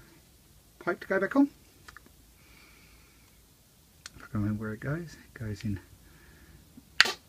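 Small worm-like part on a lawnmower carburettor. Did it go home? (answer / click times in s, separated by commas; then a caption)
yes / 7.0 s. During a carburettor refurb on a Viking (Stihl) mulching mower with a Briggs Classic carb, the small worm-like part is pushed back on while someone talks. One sharp click is heard at 7.0 s as the part seats tightly in place.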